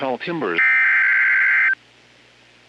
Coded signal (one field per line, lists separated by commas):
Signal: Emergency Alert System (SAME) tones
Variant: header bursts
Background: speech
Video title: TONED Special Weather Statement??? | 6/26/2025 (EAS #1,430-39)